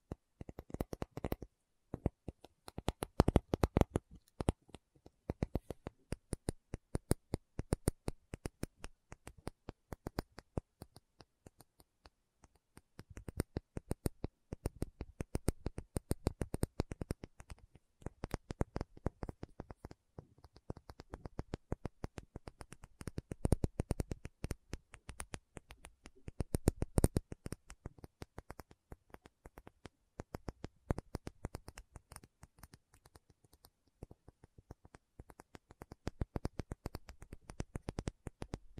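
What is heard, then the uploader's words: A tapping session with no talking: dense, quick taps run almost continuously for the whole length, each a sharp click spreading from low thuds up to bright ticks. The taps come in bursts of varying loudness, with brief lulls around 10 and 29 seconds. Tapping Session (No Talking).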